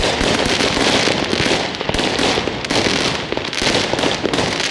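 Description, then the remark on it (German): A dense, continuous barrage of fireworks and firecrackers set off outside on a street in Germany in 2025, sharp crackling pops and bangs overlapping in rapid succession with a loud, hissing roar and no pauses. “Es ist der Knaller. Man hört es, ne?”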